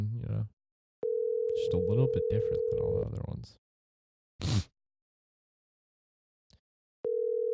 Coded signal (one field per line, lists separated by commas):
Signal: telephone call progress tone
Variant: North America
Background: speech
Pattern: ringback tone